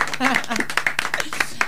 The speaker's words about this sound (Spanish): Aplausos.